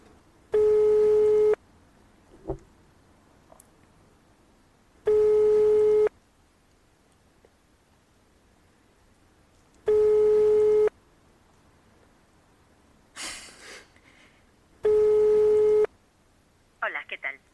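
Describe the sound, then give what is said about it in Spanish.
A telephone ringback tone repeats four times, each steady mid-pitched buzz lasting about a second with long silent gaps between, and nobody picks up; a few faint clicks and rustles fall in the pauses. “Vamos a ver si Toño Profe nos coge el teléfono”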